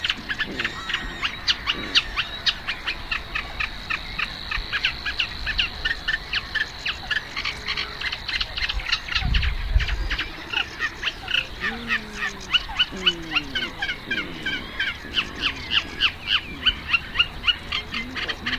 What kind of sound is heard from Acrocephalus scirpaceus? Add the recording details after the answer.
song. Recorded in the wild. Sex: male. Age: adult. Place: Warsow, Kummerower See, Mecklenburg-Vorpommern, DE. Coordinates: 53.8367, 12.8356. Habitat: wetland. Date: 2012-05-24 04:45. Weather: 8°C, sunny, weak winds from NE. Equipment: Sound Devices 702, Sennheiser MKH 70, Rycote Windschutz. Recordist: Frommolt, Karl-Heinz